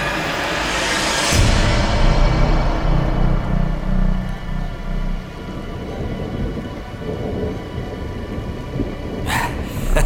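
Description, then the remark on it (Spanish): A deep rumble of thunder rolls in and swells, then fades into a steady wash of rain pattering down, with no one speaking. “Vaya, ahora se ha puesto a llover.”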